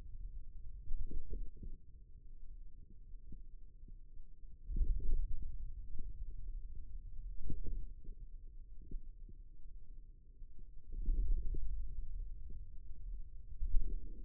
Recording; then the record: forearm muscle sounds (acoustic myography)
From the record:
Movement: wrist extension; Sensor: system 2, bracelet of six BSWA MPA416 microphones around the upper forearm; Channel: 3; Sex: male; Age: 22 years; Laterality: right